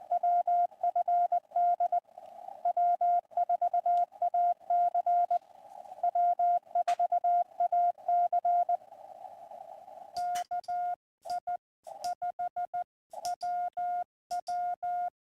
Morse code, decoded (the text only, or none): WFD W4AC W4AC KI5WW